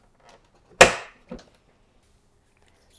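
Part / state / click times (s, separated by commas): hard plastic sensor piece into its plastic clip / seated / 0.8 s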